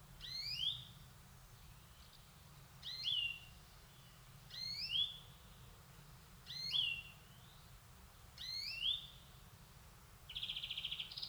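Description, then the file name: European greenfinch repeating a double rising call roughly every two seconds, five times, ending with a buzzy, pulsed trill note; steady low background hum. "Chloris chloris"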